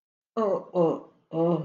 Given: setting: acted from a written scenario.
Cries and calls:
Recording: vocal sound without words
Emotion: shame

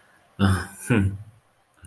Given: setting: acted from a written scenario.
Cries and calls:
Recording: vocal sound without words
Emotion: romantic love

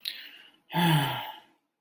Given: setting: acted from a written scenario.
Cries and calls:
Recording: vocal sound without words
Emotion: disappointment

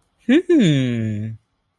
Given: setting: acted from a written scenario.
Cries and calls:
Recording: vocal sound without words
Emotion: interest

